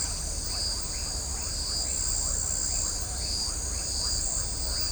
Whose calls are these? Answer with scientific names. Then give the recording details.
none. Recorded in shrubland near Pivijay, Magdalena, Colombia, on 3 June 2023 at 20:30. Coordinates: 10.453, -74.365. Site P5-G022